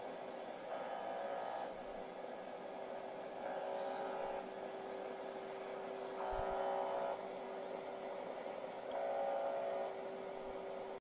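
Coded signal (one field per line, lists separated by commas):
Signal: channel marker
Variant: UVB-76 (The Buzzer)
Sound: four short rough buzzes, each about a second long, repeating over radio hiss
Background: radio static, steady hum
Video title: The Buzzer. Russian Military TX.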